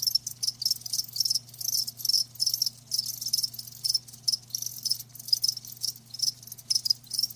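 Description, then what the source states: Crickets chirping continuously in rapid high trills broken into uneven bursts, over a quiet persistent low hum. Live crickets chirping with a lulling song.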